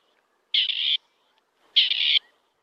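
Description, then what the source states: Grey Partridge call: two harsh, rasping grating notes, each about half a second long, separated by a pause of about three quarters of a second, in silence. Bird of the Year 2026; not yet acutely threatened with extinction, but its habitats are shrinking.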